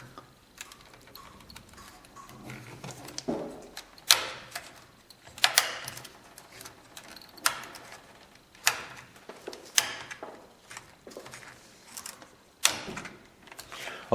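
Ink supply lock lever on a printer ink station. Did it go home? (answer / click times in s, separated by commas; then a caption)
yes / 4.1 s, 5.4 s, 5.6 s, 8.7 s, 9.8 s, 12.6 s. The ink supply lock levers for each ink color on a printer ink station are pressed down firmly, one after another, until each clicks shut. Sharp clicks sound at 4.1, 5.4, 5.6, 8.7, 9.8 and 12.7 seconds over faint handling noise. Each lock ends up seated.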